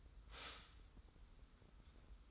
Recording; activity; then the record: daily activity, microphone in the room; stop toaster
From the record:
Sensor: 3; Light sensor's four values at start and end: 41/99/40/38 and 41/99/40/38